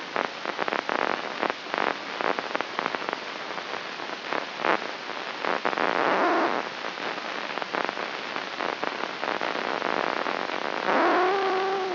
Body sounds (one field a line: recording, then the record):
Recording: brain microelectrode recording played as sound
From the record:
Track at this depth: inside the subthalamic nucleus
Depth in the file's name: 4.717 mm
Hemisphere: left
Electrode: 3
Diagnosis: Parkinson's disease